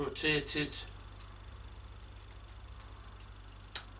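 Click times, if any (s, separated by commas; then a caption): 3.8 s. A lens with its adapter attached is turned on a camera body's bayonet mount until it locks, and the mount is seated. Someone talks during the first second, followed by quiet low hum. A sharp, bright click at 3.8 seconds marks the adapter locking into place.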